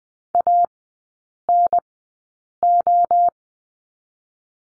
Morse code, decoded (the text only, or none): A N O